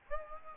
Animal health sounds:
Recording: mosquito wingbeat signal from an infrared sensor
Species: Aedes albopictus

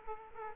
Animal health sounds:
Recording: mosquito wingbeat signal from an infrared sensor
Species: Aedes aegypti

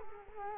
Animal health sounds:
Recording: mosquito wingbeat signal from an infrared sensor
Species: Culex quinquefasciatus

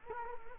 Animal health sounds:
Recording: mosquito wingbeat signal from an infrared sensor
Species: Culex quinquefasciatus

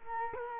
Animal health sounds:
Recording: mosquito wingbeat signal from an infrared sensor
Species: Culex quinquefasciatus

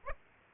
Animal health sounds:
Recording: mosquito wingbeat signal from an infrared sensor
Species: Aedes aegypti

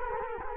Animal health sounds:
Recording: mosquito wingbeat signal from an infrared sensor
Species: Culex quinquefasciatus

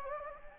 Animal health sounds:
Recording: mosquito wingbeat signal from an infrared sensor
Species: Anopheles gambiae

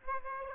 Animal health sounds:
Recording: mosquito wingbeat signal from an infrared sensor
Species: Aedes aegypti

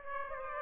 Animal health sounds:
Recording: mosquito wingbeat signal from an infrared sensor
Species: Aedes aegypti

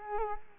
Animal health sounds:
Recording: mosquito wingbeat signal from an infrared sensor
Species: Culex quinquefasciatus

